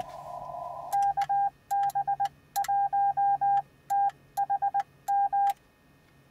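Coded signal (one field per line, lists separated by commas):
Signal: Morse code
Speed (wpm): 20 wpm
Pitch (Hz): 800 Hz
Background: none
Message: KB1THM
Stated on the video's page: QRP contacts at 5 watts from the field on the 20 meter band, reaching far-away stations.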